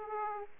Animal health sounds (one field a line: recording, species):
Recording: mosquito wingbeat signal from an infrared sensor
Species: Aedes aegypti